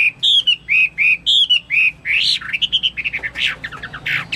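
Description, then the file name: Chinese hwamei song, a string of loud arched whistles, breaking into quicker varied chattering notes. "omkicau hwamei"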